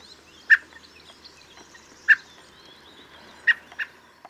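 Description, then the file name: Common blackbird giving sharp, clipped call notes about every one and a half seconds, with a quicker extra note near the end. "Turdus merula"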